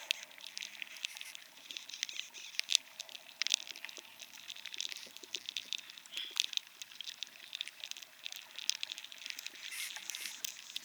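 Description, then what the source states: Beetle chewing sounds: steady, crackling ticks and clicks at an uneven rhythm, with occasional stronger snaps throughout. A beetle species eating the inside of piñon pines in New Mexico, damaging the trees; recorded inside the trees by David Dunn.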